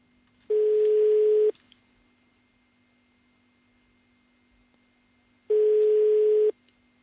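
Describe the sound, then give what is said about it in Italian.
A telephone ringback tone heard on a call: two steady one-second beeps at a mid pitch, separated by about four seconds of quiet, over a faint constant line hum. “Squilla il telefono.”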